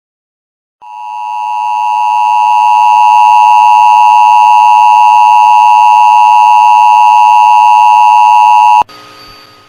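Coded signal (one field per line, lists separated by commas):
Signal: Emergency Alert System (SAME) tones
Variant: 853 and 960 Hz attention tone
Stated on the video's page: Mock tornado warning EAS tones, a simulation rather than a real alert.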